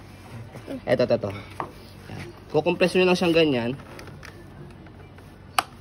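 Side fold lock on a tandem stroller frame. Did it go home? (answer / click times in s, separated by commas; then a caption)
yes / 5.6 s. Someone talks while the folded frame of a Graco Duo Glinder tandem stroller is compressed, followed by a few faint knocks. At 5.6 s the side fold lock on the frame engages with a single sharp, loud snap, and the stroller is now locked.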